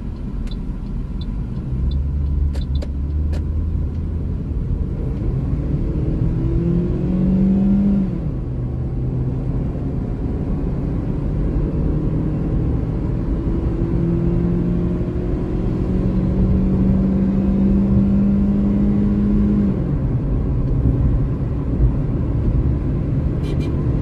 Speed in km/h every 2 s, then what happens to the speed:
24, 33, 41, 59, 67, 76, 83, 92, 99, 104, 108, 112.
0-24 speeds up to 112.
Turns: none.